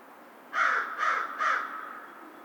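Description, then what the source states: American crow calling three evenly spaced, coarse caws about half a second apart. Recorded 2010-03-02.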